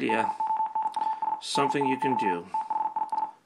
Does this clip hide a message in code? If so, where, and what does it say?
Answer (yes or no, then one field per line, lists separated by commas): yes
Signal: Morse code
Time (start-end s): 0.1-3.2 s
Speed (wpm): 47 wpm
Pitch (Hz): 880 Hz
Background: speech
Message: BONUS DAY THIS